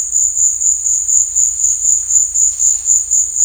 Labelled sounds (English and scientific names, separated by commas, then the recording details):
none
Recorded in dense forest near Puerto Asís, Putumayo, Colombia, on 18 December 2024 at 15:30
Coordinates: 0.481, -76.323
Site G100